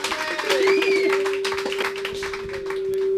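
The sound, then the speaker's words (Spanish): A small group applauds a guest on the streaming show Bailando con Lobos with dense, steady clapping that lasts the whole few seconds, over a sustained steady tone, with a couple of brief whistle-like rising sounds near the start. “Bueno, llevamos un aplauso para”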